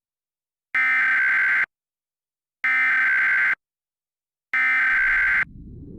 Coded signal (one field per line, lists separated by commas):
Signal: Emergency Alert System (SAME) tones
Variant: header bursts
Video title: Extraterrestrial Impact (Mini eas scenario)